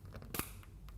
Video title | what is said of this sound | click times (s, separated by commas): Tresco by Rev-A-Shelf Side-Emitting Neoloop (N1) DIY Starter Cord Installation by KitchenSource.com | You'll hear a positive click when it's engaged, and at that point your starter cord is fully assembled. | 0.4 s